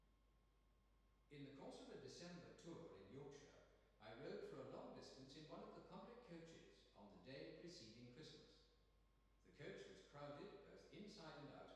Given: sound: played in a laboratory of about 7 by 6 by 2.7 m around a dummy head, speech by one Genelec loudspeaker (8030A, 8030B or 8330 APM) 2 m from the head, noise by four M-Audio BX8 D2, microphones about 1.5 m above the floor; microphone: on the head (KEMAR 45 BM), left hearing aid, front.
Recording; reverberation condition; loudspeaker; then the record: male speech in English; high; 30 degrees to the right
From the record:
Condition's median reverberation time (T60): about 1300 ms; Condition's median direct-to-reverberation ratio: about -4.0 dB